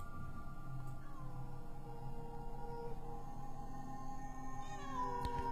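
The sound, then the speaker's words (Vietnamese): A cat on a house roof at night lets out a long, eerie shrieking yowl, its wavering, drawn-out tones holding steady and loud for several seconds with no voices present. “Con mèo đứng ở trên nhìn chằm chằm vào cháu Hùng, ánh mắt của nó sắc lạnh. Nó rít lên một tiếng nghe đến rợn cả người”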